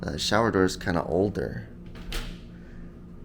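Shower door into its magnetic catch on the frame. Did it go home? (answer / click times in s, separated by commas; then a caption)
yes / 2.1 s. Someone talks as an older hotel shower door is closed against the magnetic catch on its frame. A soft sound comes just before a sharp snap at 2.1 s as the door clicks shut into the catch, and it stays seated.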